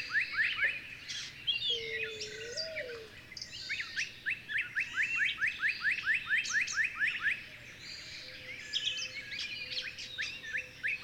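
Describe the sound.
Bird song: bursts of quick upswept chips repeated in series, other birds calling higher, and a low sliding whistle around the second second.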